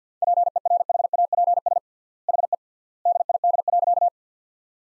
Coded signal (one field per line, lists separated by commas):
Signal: Morse code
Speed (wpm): 50 wpm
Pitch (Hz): 700 Hz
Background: none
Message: PERHAPS HE DID.